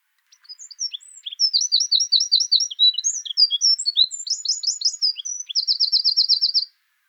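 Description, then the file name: Eurasian wren song: a lengthy, energetic stream of high chirps and rattling trills, finishing with a fast, steady trill. "Troglodytes troglodytes"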